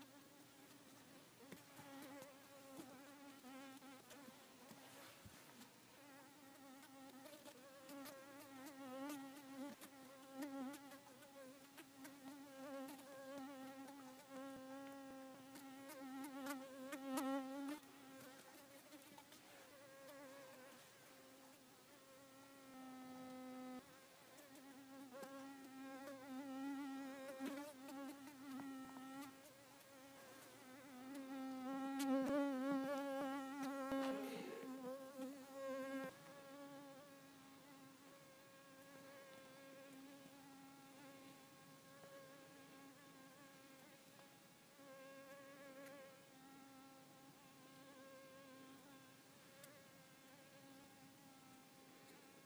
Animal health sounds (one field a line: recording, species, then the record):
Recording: mosquito flight sound by mobile phone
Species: Culiseta incidens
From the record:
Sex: female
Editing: snipped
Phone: iPhone 4S